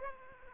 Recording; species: mosquito wingbeat signal from an infrared sensor; Aedes aegypti